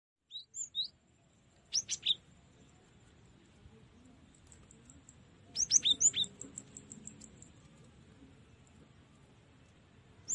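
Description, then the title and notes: Cinereous Tit song: soft, scattered high chirps, then a brighter cluster of sharp notes trailing into a fast, thin, repeated ticking series, with quiet gaps between. Used to tutor caged songbirds. "Masteran Gelatik Batu. burung gelatik"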